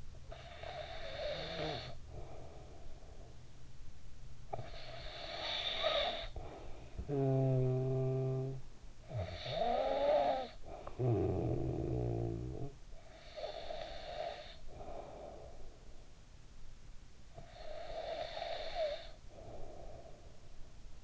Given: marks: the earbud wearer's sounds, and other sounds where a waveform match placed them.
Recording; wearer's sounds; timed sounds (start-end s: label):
sounds in sleep by an in-ear microphone; snoring breath
0.00-3.91 s: snoring breath
4.26-16.20 s: snoring breath
16.92-20.78 s: snoring breath